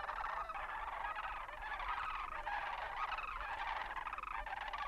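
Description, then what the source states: Sandhill Crane flight calls: a continuous overlapping chorus of rolling, rattling calls from many birds. Clattering calls of a migrating flock of about 150 flying overhead in a long winding skein, V then open crescent, headed for nesting grounds.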